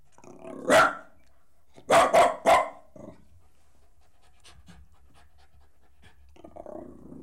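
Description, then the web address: Dog barking: one single bark, then three rapid barks in a burst, then quiet with faint breathing and a low grumble at the end. "The BBC Sound Effects Library - Complete 60 CDs Collection Sound Effects Library-38 (Horses # 2 and Dogs)"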